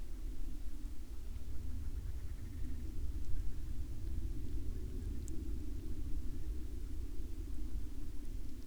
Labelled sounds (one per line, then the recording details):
rain
aircraft
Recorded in the Prudhoe Bay oil fields, Alaska, on 13 May 2019 at 02:06
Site 21